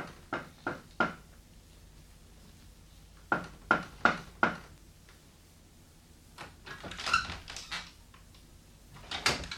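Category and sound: household object, door opening or closing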